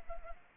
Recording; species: mosquito wingbeat signal from an infrared sensor; Culex pipiens